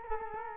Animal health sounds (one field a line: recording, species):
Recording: mosquito wingbeat signal from an infrared sensor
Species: Culex quinquefasciatus